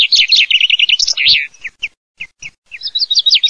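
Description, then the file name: Common chaffinch song: a bright, rapid trill of chipping notes closing with a quick flourish, followed by scattered short chirps and the start of another trill. "FRINGUELLOBEL"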